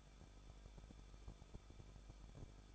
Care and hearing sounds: daily activity, microphone in the room; no activity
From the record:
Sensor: 5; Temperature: 20.9 degrees Celsius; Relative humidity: 38.2%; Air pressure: 1006.4 hPa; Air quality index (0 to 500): 187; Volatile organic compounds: 18 ppm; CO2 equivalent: 2636 ppm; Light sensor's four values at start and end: 2/3/1/1 and 2/3/1/1

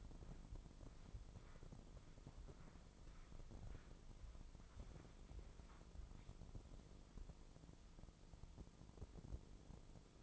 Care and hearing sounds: daily activity, microphone in the room; walk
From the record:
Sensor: 5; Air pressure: 996.1 hPa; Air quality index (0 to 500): 249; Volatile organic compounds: 537 ppm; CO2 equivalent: 4866 ppm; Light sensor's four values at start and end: 199/475/203/223 and 199/475/203/222

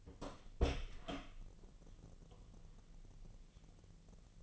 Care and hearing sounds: daily activity, microphone in the room; open door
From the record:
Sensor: 4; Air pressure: 1002.2 hPa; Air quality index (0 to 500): 249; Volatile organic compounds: 41 ppm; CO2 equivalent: 3170 ppm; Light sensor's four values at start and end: 9/21/8/7 and 9/20/8/7

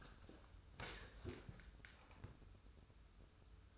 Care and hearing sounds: daily activity, microphone in the room; sit down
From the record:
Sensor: 2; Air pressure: 994.2 hPa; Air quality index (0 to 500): 202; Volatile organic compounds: 1000 ppm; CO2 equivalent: 6649 ppm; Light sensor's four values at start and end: 76/174/74/79 and 83/196/81/82

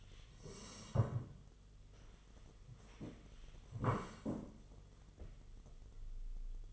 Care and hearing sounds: daily activity, microphone in the room; sit down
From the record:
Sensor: 4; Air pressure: 1006.1 hPa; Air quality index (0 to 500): 99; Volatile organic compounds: 2 ppm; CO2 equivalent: 1238 ppm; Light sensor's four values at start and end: 12/28/11/10 and 12/28/11/10

